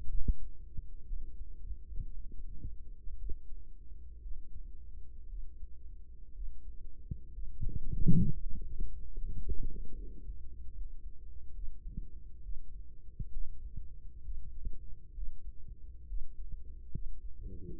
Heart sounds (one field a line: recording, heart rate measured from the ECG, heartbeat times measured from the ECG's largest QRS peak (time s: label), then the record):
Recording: heart sounds by microphone in the right ear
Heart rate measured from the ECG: 65 bpm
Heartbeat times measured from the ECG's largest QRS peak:
0.09 s: heartbeat
1.07 s: heartbeat
2.12 s: heartbeat
3.18 s: heartbeat
4.21 s: heartbeat
5.28 s: heartbeat
6.33 s: heartbeat
7.32 s: heartbeat
8.29 s: heartbeat
9.12 s: heartbeat
9.93 s: heartbeat
10.71 s: heartbeat
11.53 s: heartbeat
12.42 s: heartbeat
13.31 s: heartbeat
14.22 s: heartbeat
15.13 s: heartbeat
16.06 s: heartbeat
16.91 s: heartbeat
17.76 s: heartbeat
From the record:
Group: healthy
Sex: male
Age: 35 years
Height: 178 cm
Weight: 64 kg